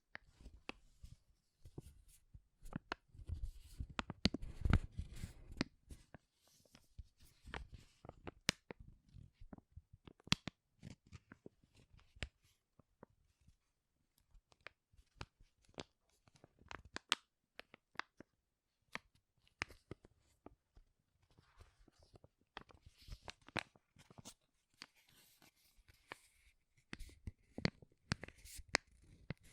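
Crinkling comes in dense bursts of sharp crackles and snaps, busiest near five seconds and again toward the end, with brief quiet gaps.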